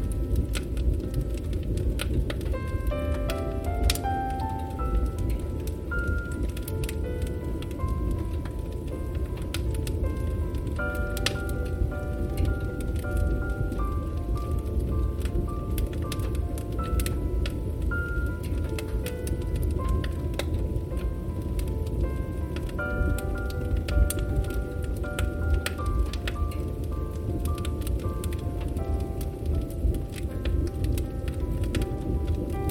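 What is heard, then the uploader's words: A fire burns steadily with a dense bed of low rumble and frequent sharp crackles and pops spread throughout. Over it, a gentle melody of soft sustained tones moves slowly in stepwise phrases, starting a few seconds in and continuing to the end. Comforting Burning Fire Sounds & Relaxing Music. Fire burning and crackling sounds blended with piano and relaxing music. The soothing sounds of burning fire and crackling fire with gentle, calming music.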